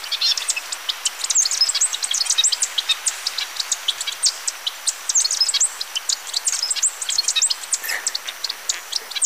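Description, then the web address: Golden-rumped euphonia song: a dense, jumbled stream of high, rapid twittering and chipping notes that continues without pause through the whole stretch. Recorded in Ecuador. "Birds of Ecuador. Golden-rumped Euphonia"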